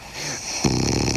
South Australia’s Greatest Snorer. That is a pretty deep sort of snore. It's every night. Snoring's been there the whole time.